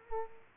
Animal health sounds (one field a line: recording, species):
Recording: mosquito wingbeat signal from an infrared sensor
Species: Culex quinquefasciatus